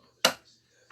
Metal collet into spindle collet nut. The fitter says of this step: snapped in there